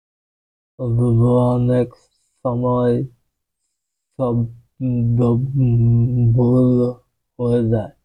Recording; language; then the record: elicited speech; Bengali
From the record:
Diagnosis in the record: Broca's or global aphasia after a stroke